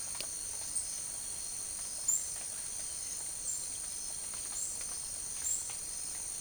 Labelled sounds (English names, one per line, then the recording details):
none
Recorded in secondary vegetation near Puerto Asís, Putumayo, Colombia, on 12 March 2025 at 07:00
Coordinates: 0.489, -76.322
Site G042